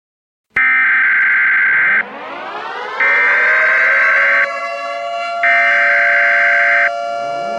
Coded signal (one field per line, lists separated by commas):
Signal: Emergency Alert System (SAME) tones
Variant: header bursts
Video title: EAS scenario #4: Super bowl massacre